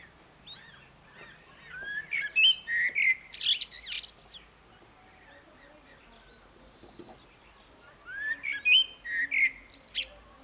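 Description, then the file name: Common blackbird song in two phrases, each of rich fluting warbles that break into a scratchy high twitter, with a silent gap of several seconds between them. "Turdus merula"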